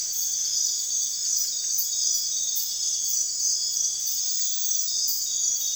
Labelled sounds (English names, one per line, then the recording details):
none
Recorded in secondary vegetation near Puerto Asís, Putumayo, Colombia, on 30 June 2025 at 03:30
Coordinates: 0.498, -76.327
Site GP09